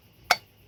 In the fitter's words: it'll click into the body here